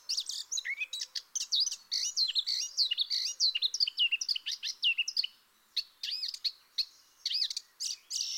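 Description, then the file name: Eurasian blackcap song: sustained fast warbling, varied sweeping whistles and harsh chatter running almost without pause. "Sylvia atricapilla"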